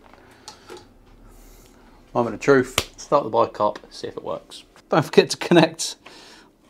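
During a motorcycle dashcam install, an electrical part that was taken out from under the bike, a removed connector or part, is handled as it goes back into the motorcycle's wiring area before the bike is started. Someone talks over a few faint handling taps, and nothing has seated or clicked yet.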